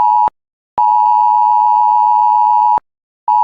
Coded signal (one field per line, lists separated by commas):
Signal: Emergency Alert System (SAME) tones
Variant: 853 and 960 Hz attention tone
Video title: Pan India Emergency Alert System | National Disaster Management Authority.Cell Broadcasting MESSAGE.